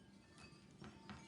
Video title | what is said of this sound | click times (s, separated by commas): Creations By Gwili Thursday Feb. 17, 2022 | and then you'll hear it clicking | 0.8 s, 1.1 s